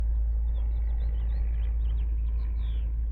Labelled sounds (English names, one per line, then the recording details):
House Finch song
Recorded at Wantagh on Long Island, New York, on 21 May 1975
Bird A